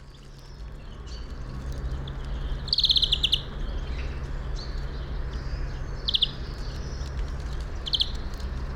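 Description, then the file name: European greenfinch giving short, high, rapid trilled bursts three times, over a steady low rumble of background noise. "Chloris chloris"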